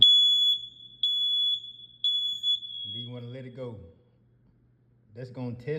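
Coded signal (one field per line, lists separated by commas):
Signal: alarm pattern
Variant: hard-wired smoke detector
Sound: loud shrill high-pitched alarm tone for about three seconds, then a man talking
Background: man speaking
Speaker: And then you want to hold this. Then you want to let it go. That's going to test the system and let you know what going on.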